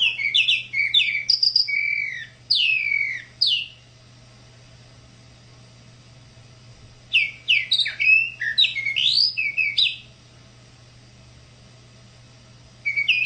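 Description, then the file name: Tropical mockingbird song: rapid bursts of varied, sweeping chirps and slurred whistles, two long bouts separated by about three and a half seconds of quiet, a third beginning at the end, with a steady low hum underneath. "sabia da praia"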